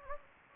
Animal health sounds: mosquito wingbeat signal from an infrared sensor; Anopheles gambiae

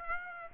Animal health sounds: mosquito wingbeat signal from an infrared sensor; Aedes aegypti

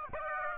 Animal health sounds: mosquito wingbeat signal from an infrared sensor; Aedes aegypti

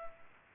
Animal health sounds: mosquito wingbeat signal from an infrared sensor; Culex pipiens

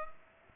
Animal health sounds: mosquito wingbeat signal from an infrared sensor; Culex pipiens

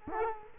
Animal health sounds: mosquito wingbeat signal from an infrared sensor; Culex quinquefasciatus

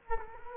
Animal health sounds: mosquito wingbeat signal from an infrared sensor; Culex quinquefasciatus

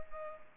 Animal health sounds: mosquito wingbeat signal from an infrared sensor; Culex pipiens

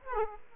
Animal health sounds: mosquito wingbeat signal from an infrared sensor; Aedes aegypti

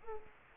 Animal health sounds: mosquito wingbeat signal from an infrared sensor; Culex quinquefasciatus

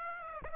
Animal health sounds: mosquito wingbeat signal from an infrared sensor; Aedes aegypti

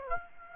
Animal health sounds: mosquito wingbeat signal from an infrared sensor; Aedes aegypti

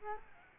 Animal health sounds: mosquito wingbeat signal from an infrared sensor; Aedes albopictus

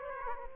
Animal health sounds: mosquito wingbeat signal from an infrared sensor; Aedes aegypti

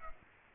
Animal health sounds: mosquito wingbeat signal from an infrared sensor; Aedes aegypti

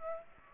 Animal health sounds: mosquito wingbeat signal from an infrared sensor; Aedes aegypti

